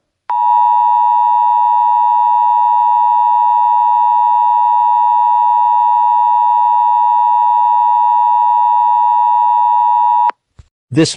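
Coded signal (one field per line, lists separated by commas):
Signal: Emergency Alert System (SAME) tones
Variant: 853 and 960 Hz attention tone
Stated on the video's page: Fictional EAS scenario, simulated alert.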